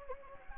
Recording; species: mosquito wingbeat signal from an infrared sensor; Anopheles gambiae